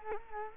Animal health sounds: mosquito wingbeat signal from an infrared sensor; Culex quinquefasciatus

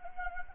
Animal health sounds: mosquito wingbeat signal from an infrared sensor; Anopheles gambiae

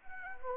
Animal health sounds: mosquito wingbeat signal from an infrared sensor; Anopheles arabiensis

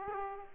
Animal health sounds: mosquito wingbeat signal from an infrared sensor; Aedes aegypti

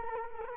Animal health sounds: mosquito wingbeat signal from an infrared sensor; Culex quinquefasciatus

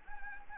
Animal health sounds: mosquito wingbeat signal from an infrared sensor; Anopheles gambiae

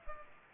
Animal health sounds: mosquito wingbeat signal from an infrared sensor; Culex pipiens

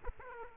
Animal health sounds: mosquito wingbeat signal from an infrared sensor; Aedes aegypti

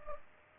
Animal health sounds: mosquito wingbeat signal from an infrared sensor; Culex pipiens

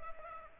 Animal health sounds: mosquito wingbeat signal from an infrared sensor; Culex pipiens

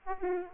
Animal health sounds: mosquito wingbeat signal from an infrared sensor; Aedes aegypti

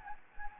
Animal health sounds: mosquito wingbeat signal from an infrared sensor; Anopheles gambiae

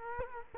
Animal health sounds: mosquito wingbeat signal from an infrared sensor; Culex quinquefasciatus

